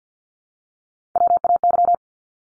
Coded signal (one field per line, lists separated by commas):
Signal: Morse code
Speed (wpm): 50 wpm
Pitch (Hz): 700 Hz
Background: none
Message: WAY